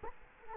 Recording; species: mosquito wingbeat signal from an infrared sensor; Culex quinquefasciatus